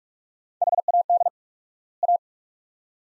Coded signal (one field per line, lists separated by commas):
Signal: Morse code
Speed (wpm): 42 wpm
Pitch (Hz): 700 Hz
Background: none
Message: HAD A